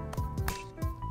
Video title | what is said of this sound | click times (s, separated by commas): Nintendo Switch and Zelda Breath of the Wild Unboxing! - TekThing | and apparently these have a very nice satisfying click when you slide them in | 0.5 s